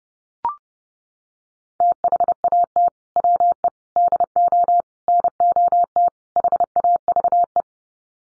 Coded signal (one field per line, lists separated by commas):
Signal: Morse code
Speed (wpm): 30 wpm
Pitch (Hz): 700 Hz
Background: none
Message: THAT WE DO NOT HAVE